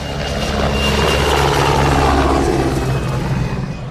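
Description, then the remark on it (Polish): Attack helicopters pass over a military training ground during a display marking 20 years of NATO membership, with a loud, steady rotor roar and deep pulsing thump, a thin whine riding on top as the noise holds constant, then eases slightly at the end. “Nad poligonem przeleciały F-16 i śmigłowce szturmowe.”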